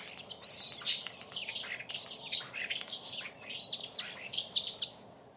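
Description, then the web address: Bird calls: shrill, high chirping bursts about once a second, each a cluster of sharp notes. "Deverinetal 2025. Bird Only"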